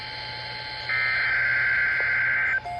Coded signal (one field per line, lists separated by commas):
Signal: Emergency Alert System (SAME) tones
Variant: header bursts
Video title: A Mid-Summer Dozen || EAS Alerts from 7/21 and 7/23/22 || EAS 331-342